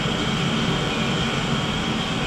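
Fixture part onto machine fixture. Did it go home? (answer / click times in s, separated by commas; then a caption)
no / none. A new part for a machining fixture, a top cap, is handled by hand onto the fixture setup over a steady, broadband mechanical hum. No distinct snap stands out, and nothing has seated or clicked yet.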